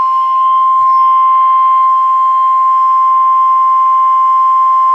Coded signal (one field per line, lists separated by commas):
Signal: Emergency Alert System (SAME) tones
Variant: 1050 Hz attention tone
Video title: EAS Alerts as of 5/3/22 (EAS #110-114)